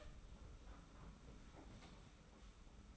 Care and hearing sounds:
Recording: daily activity, microphone in the room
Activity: open door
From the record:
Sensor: 1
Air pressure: 991.6 hPa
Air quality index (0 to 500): 126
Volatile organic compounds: 313 ppm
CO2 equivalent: 4509 ppm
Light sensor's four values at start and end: 33/108/42/43 and 33/108/42/43

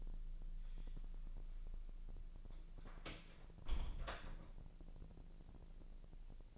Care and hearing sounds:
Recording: daily activity, microphone in the room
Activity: close door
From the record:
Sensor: 5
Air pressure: 1001.2 hPa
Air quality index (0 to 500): 248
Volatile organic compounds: 35 ppm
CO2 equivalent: 3064 ppm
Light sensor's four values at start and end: 28/65/25/21 and 28/65/25/21

